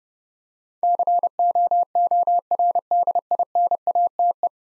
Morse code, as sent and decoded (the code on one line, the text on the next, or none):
-.-. --- --- .-. -.. .. -. .- - .
COORDINATE